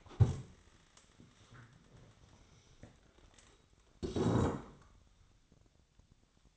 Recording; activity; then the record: daily activity, microphone in the room; stand up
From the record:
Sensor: 3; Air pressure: 1000.4 hPa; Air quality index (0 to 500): 168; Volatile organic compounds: 3 ppm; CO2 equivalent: 1462 ppm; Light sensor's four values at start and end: 14/33/14/15 and 14/33/14/15